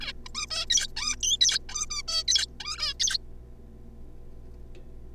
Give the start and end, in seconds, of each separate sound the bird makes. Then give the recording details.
0.01-0.12, 0.26-0.28, 0.35-0.46, 0.51-0.65, 0.70-0.87, 0.96-1.15, 1.21-1.37, 1.41-1.59, 1.69-1.85, 1.90-2.02, 2.08-2.23, 2.28-2.46, 2.60-2.93, 3.00-3.17. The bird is a juvenile. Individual R3549